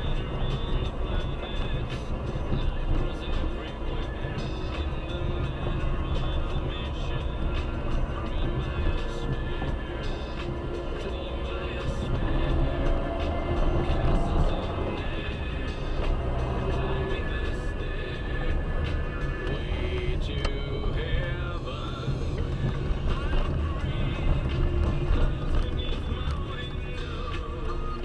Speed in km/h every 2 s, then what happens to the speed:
21, 22, 23, 23, 21, 23, 26, 35, 37, 39, 36, 34, 33, 22.
0-11 steady at about 22. 11-18 speeds up to 39. 18-28 slows to 22.